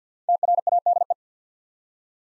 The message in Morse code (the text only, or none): TRADE